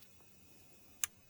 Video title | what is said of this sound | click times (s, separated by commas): F350 Alternator Replacement in 10 Minutes! 7.3L | plug that in, little clicks, and then this little wire, | 1.0 s